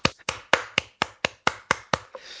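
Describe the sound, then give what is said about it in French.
Applause made of about ten sharp, crisp claps at a steady, even pace, each one a bright smack with a short tail, and no voices over it, as an audience applauds a participant who has just played a memory game. “Donc voilà, maintenant vous pouvez l'applaudir bien fort, même si vous avez raté.”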